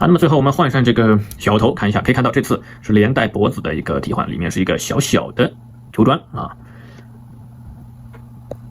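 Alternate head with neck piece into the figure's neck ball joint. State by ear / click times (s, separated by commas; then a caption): seated / 8.5 s. Someone talks while swapping the small alternate head, which has its own neck piece on a small ball joint, onto a plastic S.H.Figuarts Beetlejuice action figure. After the talking stops there is a quiet stretch with a low hum, then the head is pressed onto the neck joint with the collar wedged between the back of the neck and the hair. It snaps into place with a short, sharp click at 8.5 s, fully seated.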